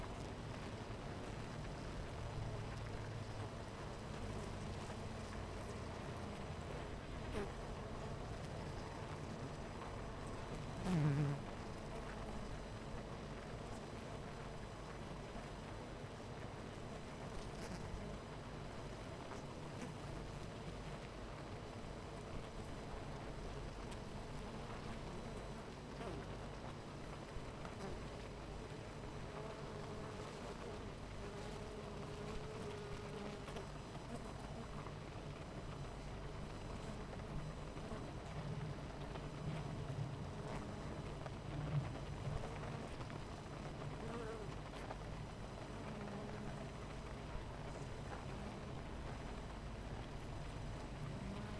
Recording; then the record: honeybee colony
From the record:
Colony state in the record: missing queen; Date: 14 July 2017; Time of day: 9:20